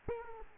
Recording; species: mosquito wingbeat signal from an infrared sensor; Aedes aegypti